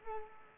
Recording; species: mosquito wingbeat signal from an infrared sensor; Culex quinquefasciatus